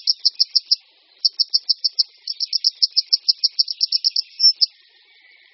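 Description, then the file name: Grey wagtail producing rapid strings of piercing high notes, three runs in quick succession. "Konipas-horský"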